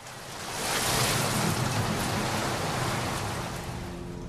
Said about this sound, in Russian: Шел дождь.